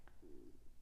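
A brief, quiet, low gurgling growl with a steady hum-like pitch lasts about a third of a second, after a faint click. This is stomach rumbling (borborygmi) in an adult, the ordinary churning sound of gas and fluid moving through the gut during digestion.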